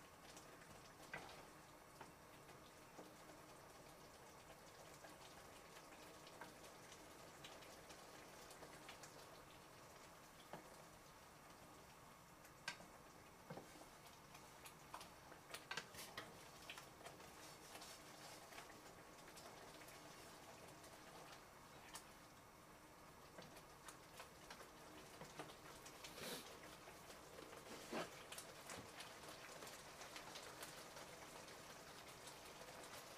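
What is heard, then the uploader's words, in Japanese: Tomato sauce pasta is being cooked, with a steady crackling sizzle that fills the whole clip. Sharp clicks and pops break through often, with louder knocks around 13, 15 and 26–28 seconds, over a constant watery hiss. 環境音 トマトソースパスタの一部始終。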